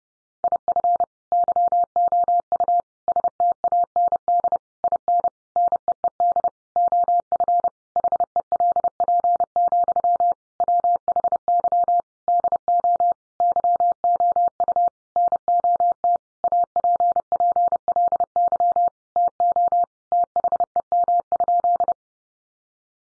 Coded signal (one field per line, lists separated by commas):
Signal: Morse code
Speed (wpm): 30 wpm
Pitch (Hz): 700 Hz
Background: none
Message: IF YOU STAND IN NEED OF HELP, WHY DO YOU NOT APPLY TO THEM?